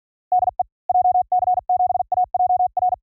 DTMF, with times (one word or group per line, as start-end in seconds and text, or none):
none